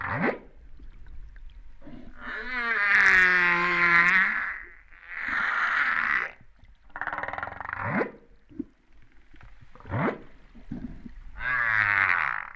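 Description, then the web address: Humpback whale calls, a varied series of harmonic moans, rising sweeps and buzzy bursts alternating with short silences. Recorded at Réunion on 13 September 2011, about 08:35. "autres sons cetaces BB Reunion 13-09-2011"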